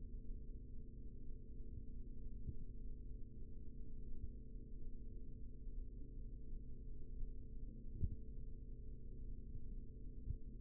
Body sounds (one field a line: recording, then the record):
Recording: forearm muscle sounds (acoustic myography)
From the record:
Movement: rest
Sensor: system 3, bracelet of six PUI Audio POM-2738L microphones around the upper forearm, with dedicated amplification and filtering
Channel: 3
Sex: male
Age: 43 years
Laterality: right